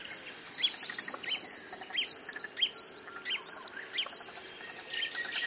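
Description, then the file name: Bird calls: high, sharp chirps repeated about every two thirds of a second, with softer twittering underneath. "BIRD wbsw"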